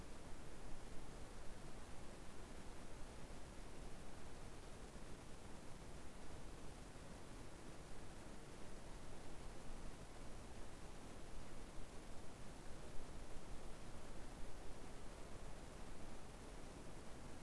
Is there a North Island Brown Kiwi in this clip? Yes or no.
no